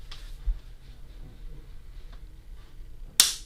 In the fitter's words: that positive clip and the bottom of the red plunger is now locked into place